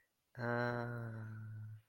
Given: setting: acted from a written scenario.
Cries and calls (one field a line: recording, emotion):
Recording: vocal sound without words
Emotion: sympathy